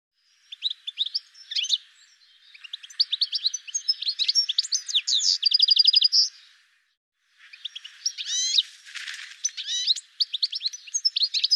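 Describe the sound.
Bird twittering: scattered chirps build into a dense run ending in a quick trill, a short silence, then more rapid high chirping.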